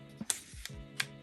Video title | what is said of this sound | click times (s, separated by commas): Phone Gimbal New DJI Osmo 6 Unboxing | Yeah, that's locked and that's unlocked. | 0.3 s, 1.0 s